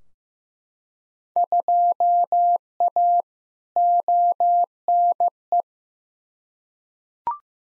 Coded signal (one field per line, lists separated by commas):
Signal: Morse code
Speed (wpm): 15 wpm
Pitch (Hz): 700 Hz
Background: none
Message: 2A ONE